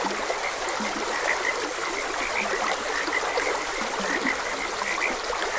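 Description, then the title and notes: Repeated short frog croaks rise from a dense chorus, with low grunts now and then, over the even hiss of a stream. Frogs croaking beside a gentle stream. "Gentle Stream and Frogs Croaking. Sleep and Relaxation Podcast"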